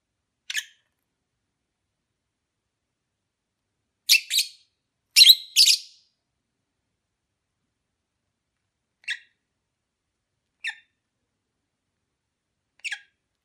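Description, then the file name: Lovebird chirps: short shrill squeaks spaced irregularly, with a cluster of louder harsh notes in the middle and brief single squeaks after. Mating ritual sounds, during courtship. "suara ritual kawin lovebird omkicau"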